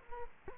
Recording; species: mosquito wingbeat signal from an infrared sensor; Culex quinquefasciatus